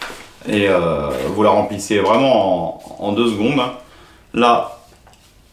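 Someone talks while handling the plastic slide-bar closure on a wide-mouth water bag after filling it, sliding the bar back over the opening. A faint short tap is heard near 5.1 s, but the closure has not clipped shut or seated yet by the end of the clip.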